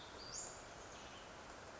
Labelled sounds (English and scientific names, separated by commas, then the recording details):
Western Flycatcher (Empidonax difficilis)
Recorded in Sonoma County, California